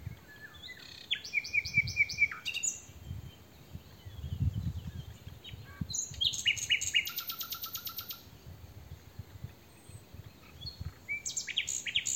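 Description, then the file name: Common nightingale delivering varied phrases of repeated chirps and a dense, quickly pulsing rattle, with soft low rumbling noise underneath. "Luscinia megarhynchos"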